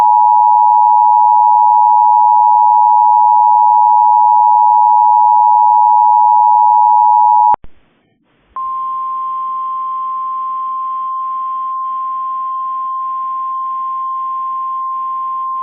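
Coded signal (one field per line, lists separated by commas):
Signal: Emergency Alert System (SAME) tones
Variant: 853 and 960 Hz attention tone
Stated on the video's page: Severe thunderstorm warning received on a Cox cable system.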